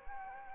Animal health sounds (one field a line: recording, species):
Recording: mosquito wingbeat signal from an infrared sensor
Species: Anopheles arabiensis